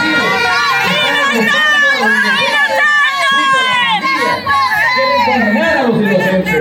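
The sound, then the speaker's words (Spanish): A crowd of mothers shouting and chanting together at a protest in El Salvador, demanding the release and whereabouts of their sons and daughters disappeared under the state of exception; many overlapping raised voices form a loud, continuous roar with rising and falling cries. “Lo que ustedes están escuchando ahorita son los gritos de muchas madres que han salido a manifestarse pidiendo la libertad y encontrar el paradero de sus hijos e hijas que han sido desaparecidas bajo el régimen de excepción en El Salvador.”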